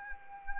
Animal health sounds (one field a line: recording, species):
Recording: mosquito wingbeat signal from an infrared sensor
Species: Anopheles arabiensis